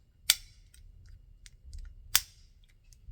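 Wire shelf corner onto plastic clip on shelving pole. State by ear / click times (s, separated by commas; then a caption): seated / 0.3 s, 2.2 s. A wire shelf corner collar is pushed down over the plastic sleeve clip on a metal shelving pole, giving sharp clicks at 0.3 s and 2.2 s with faint ticks and low rumble between them. The collar clicks into place and is locked in, seated on the pole clip.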